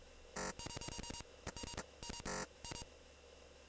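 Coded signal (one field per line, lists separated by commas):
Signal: none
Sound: video game music notes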